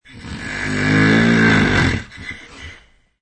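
A single loud snore: a low, buzzing, throaty roar rising over about two seconds, then a softer fluttering rattle as it fades. It is a sound effect of human snoring, the vibration of the relaxed upper airway during sleep.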